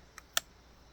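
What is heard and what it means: The choke lever on a chainsaw engine is released by working the throttle. A faint tick at 0.2 s is followed by a sharp click at 0.4 s as the choke clicks off, leaving it fully released.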